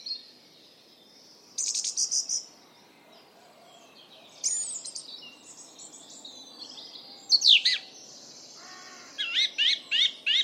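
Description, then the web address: Bird calls: harsh, buzzy high bursts and squeaky notes spread throughout, ending with a rapid run of four rattling chirps. "Bird Only"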